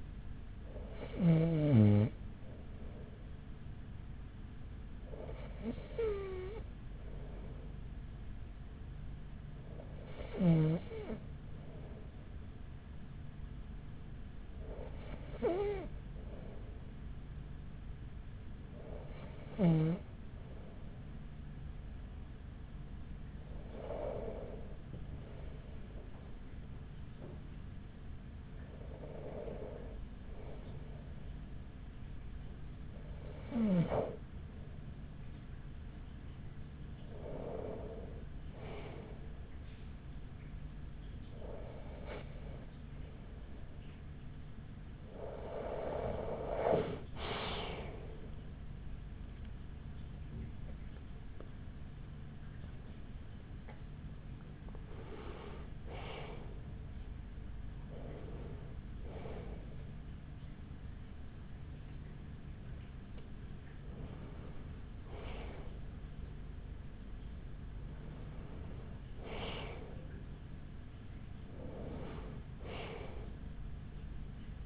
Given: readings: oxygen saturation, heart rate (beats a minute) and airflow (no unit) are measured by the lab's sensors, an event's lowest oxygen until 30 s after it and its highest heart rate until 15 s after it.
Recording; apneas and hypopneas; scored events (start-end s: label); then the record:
breathing in sleep by a smartphone at the bedside; none
17.00-74.66 s: new sleep stage, N1 (lightest sleep)
From the record:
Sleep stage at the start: N2 (light sleep); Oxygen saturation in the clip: 94 to 96%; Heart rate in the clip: 40 to 62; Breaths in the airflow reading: 17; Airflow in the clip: -10.2 to 9.5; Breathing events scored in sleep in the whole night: 207 in 7.6 hours asleep